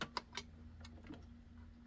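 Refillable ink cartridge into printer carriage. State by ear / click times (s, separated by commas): seated / 0.0 s, 0.2 s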